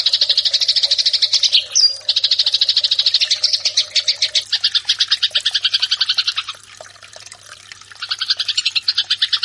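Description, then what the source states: Eurasian tree sparrow song made of long runs of quick, harsh chirps, then a quieter stretch of over a second before another rapid burst starts. Fighting-style (tarung) song of the sparrow, locally called burung gereja.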